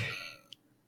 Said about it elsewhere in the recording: My cat's sneezing. It's an intense sneeze. I think she's sick.